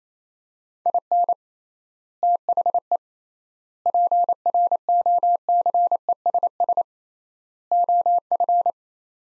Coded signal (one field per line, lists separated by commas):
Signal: Morse code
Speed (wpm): 27 wpm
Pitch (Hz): 700 Hz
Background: none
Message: IN THE PROCESS OF